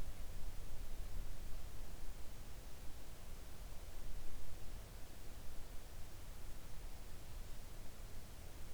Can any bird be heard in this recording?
no